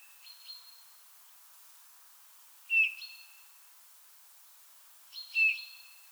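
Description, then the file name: Eurasian bullfinch giving soft piping whistles, two clear notes, with fainter higher thin notes around them. "Pyrrhula pyrrhula"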